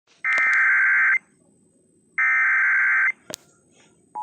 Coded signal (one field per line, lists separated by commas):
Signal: Emergency Alert System (SAME) tones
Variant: header bursts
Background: speech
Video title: EAS Tornado Warning Webster Missouri KTTS-FM